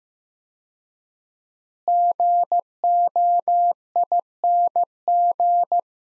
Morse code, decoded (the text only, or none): GOING